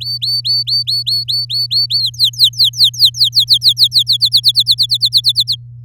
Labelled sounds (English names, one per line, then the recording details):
Domestic Canary song
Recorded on 7 May 2018 at 14:55
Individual llb16